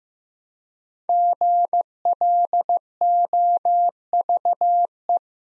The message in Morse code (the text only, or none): GLOVE